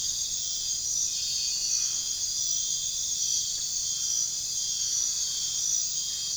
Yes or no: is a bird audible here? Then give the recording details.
no. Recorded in pastures near Puerto Asís, Putumayo, Colombia, on 23 June 2025 at 02:30. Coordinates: 0.466, -76.322. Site GP07